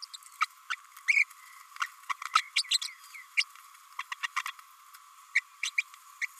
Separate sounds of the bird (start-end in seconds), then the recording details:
0.02-0.05, 0.14-0.16, 0.41-0.46, 0.70-0.76, 1.08-1.24, 2.09-2.13, 2.71-2.77, 2.81-2.89, 3.38-3.44, 3.99-4.03, 4.12-4.15, 4.23-4.27, 4.36-4.42, 4.46-4.51, 5.35-5.41, 5.63-5.70, 5.78-5.83, 6.21-6.27. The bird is a female. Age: 27 days. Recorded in a nest box in Venezuela. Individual 17B32A5